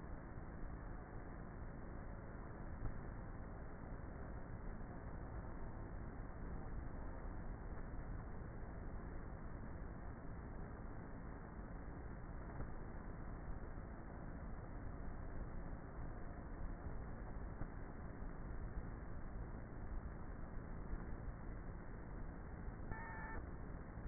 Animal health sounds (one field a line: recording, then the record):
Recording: honeybee colony, microphone inside the hive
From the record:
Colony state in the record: queenless with a low population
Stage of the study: before two queens were removed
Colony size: about 30,000 bees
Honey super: no